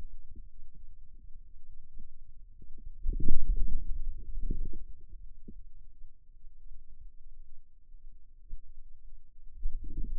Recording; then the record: forearm muscle sounds (acoustic myography)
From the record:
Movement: wrist flexion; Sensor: system 2, bracelet of six BSWA MPA416 microphones around the upper forearm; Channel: 2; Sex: male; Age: 22 years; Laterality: right